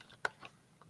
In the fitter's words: And they will actually make a little clicking noise telling you that they are locked into place.